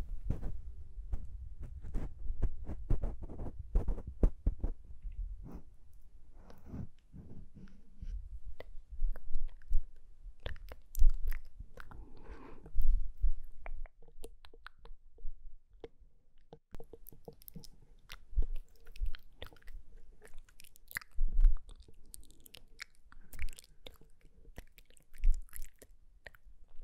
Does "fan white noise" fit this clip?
no